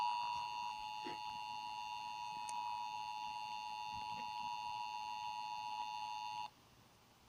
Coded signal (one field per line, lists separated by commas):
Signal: Emergency Alert System (SAME) tones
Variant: 853 and 960 Hz attention tone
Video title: Eas test on [Kleeh1954Swim] on ivan network fake not real